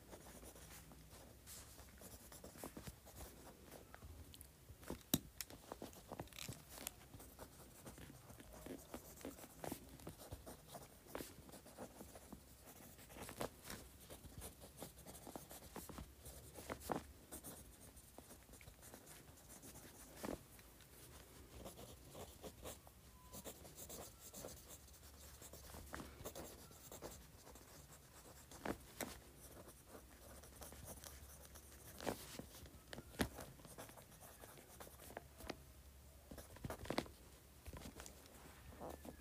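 A pen moves quickly across paper, making a dense run of scratching strokes with frequent sharp ticks and taps. The pace stays steady for the whole stretch, with a faint low hum underneath.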